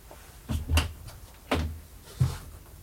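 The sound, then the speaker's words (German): A door being opened: a quick double clatter of the latch, then two separate hard knocks with a dull, low thud, spaced about a second apart, with no voices. “Die Tür ist offen.”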